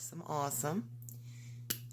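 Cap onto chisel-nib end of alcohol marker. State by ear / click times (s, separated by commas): seated / 1.7 s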